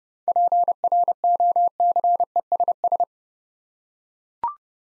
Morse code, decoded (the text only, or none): PROCESS